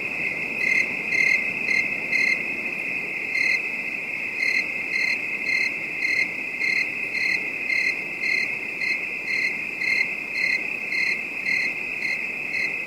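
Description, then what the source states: Steady high cricket trilling with pulsed chirps that come in uneven runs, sometimes pausing briefly, against soft night hiss. Night ambience; a calm, distant bed of high-pitched crickets.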